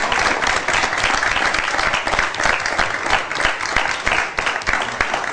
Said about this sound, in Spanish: Sí, un aplauso para él.